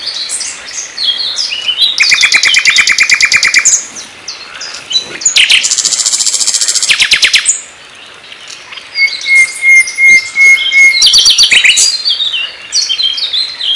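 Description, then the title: Flycatcher song: rapid high buzzy trills and chattering bursts, with a long thin steady whistle in the later part; loud and dense, with quieter gaps. Song used as training material (masteran) for songbirds; full-speed, tight rapid-fire 'tembakan' song style. "Suara Burung Sikatan Londo Masteran Tembakan Full Speed Rapet"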